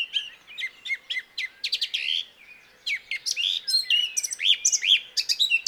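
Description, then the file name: Eurasian blackcap song: a rapid, varied warble of scratchy chirps and clear high whistled notes, broken by a short pause and resuming in the second half. "Sylvia atricapilla"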